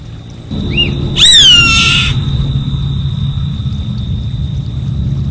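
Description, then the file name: Savanna hawk giving a single rough, drawn-out scream that drops in pitch, after a short chirp from another bird, over low rumbling and a high insect tone. "Canto do gaviao vaqueiro"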